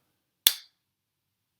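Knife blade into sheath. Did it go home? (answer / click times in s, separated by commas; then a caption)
yes / 0.5 s. An ESEE Candiru knife is reinserted into its plastic sheath for a second demonstration, and the blade snaps sharply into place at 0.5 s with a bright, crisp click that fades within about 0.2 s. The knife is seated, and another sharp sound begins at the very end of the clip.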